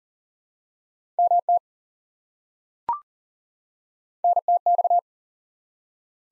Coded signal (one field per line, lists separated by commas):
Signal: Morse code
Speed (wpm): 42 wpm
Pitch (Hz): 700 Hz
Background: none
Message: MT NTX